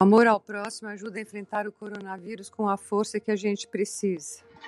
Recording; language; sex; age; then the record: spoken sentence; Brazilian Portuguese; female; 60 to 69 years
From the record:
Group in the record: control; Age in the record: 69 years